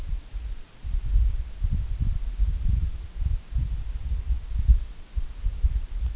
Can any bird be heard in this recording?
no